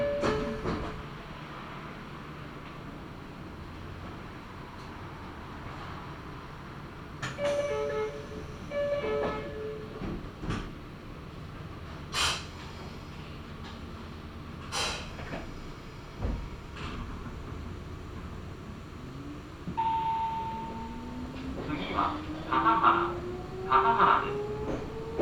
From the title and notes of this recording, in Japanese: 名古屋鉄道 蒲郡線 蒲郡→吉良吉田。